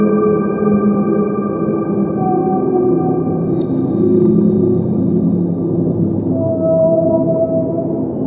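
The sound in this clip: Whale song of drawn-out tonal notes with a short high chirp near the middle and a rising whine toward the end, all above constant deep rumbling.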